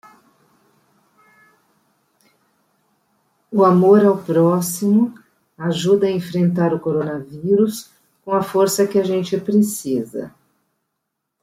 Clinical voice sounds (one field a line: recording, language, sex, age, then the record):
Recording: spoken sentence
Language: Brazilian Portuguese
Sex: female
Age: 50 to 59 years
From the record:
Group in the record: control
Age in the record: 57 years